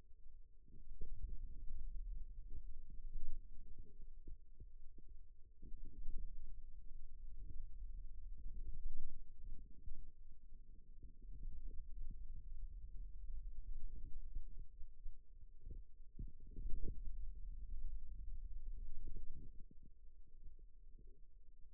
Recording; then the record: forearm muscle sounds (acoustic myography)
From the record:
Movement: radial deviation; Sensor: system 2, bracelet of six BSWA MPA416 microphones around the upper forearm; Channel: 5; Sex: male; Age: 22 years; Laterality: right